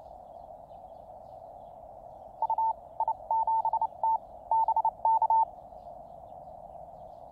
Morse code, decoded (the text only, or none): U I7T BK